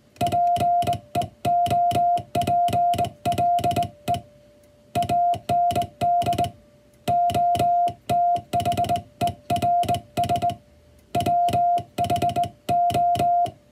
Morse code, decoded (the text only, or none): PEOPLE AND OTHERS WHO